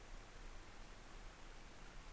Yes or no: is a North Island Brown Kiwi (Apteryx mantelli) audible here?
no